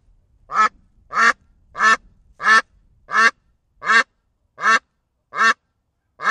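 Duck giving a series of nine harsh, nasal quacks at a steady pace, roughly one every 0.7 seconds.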